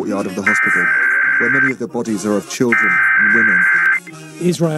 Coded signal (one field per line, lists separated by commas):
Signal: Emergency Alert System (SAME) tones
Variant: header bursts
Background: speech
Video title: The KUNA and Western Seaboard Weekly Tests (EAS #13899-13905) 11/13/23